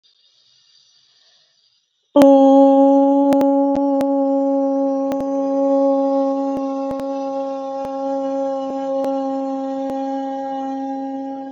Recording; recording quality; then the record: sustained vowel as in boot; excellent, no background noise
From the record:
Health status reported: COVID-19 positive, mild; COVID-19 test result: positive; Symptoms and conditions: cold, fever, fatigue, muscle pain, loss of smell and taste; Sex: female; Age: 22 years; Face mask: not worn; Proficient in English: yes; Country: India